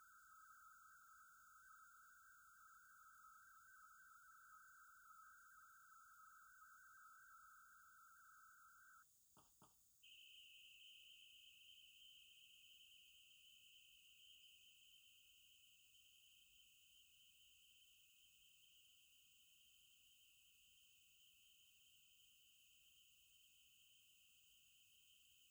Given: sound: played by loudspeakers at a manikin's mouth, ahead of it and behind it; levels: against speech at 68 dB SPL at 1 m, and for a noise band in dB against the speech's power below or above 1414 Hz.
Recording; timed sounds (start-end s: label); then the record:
test signals for a remote microphone
0.00-9.02 s: noise band at 1414 Hz, as loud as that band is in speech
9.40 s: click
9.65 s: click
10.02-25.51 s: noise band at 2828 Hz, as loud as that band is in speech
From the record:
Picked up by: remote receiver E, fed by microphone B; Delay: 43 ms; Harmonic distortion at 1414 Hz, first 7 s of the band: under -44 dB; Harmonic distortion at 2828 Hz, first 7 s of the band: under -13 dB (system noise only)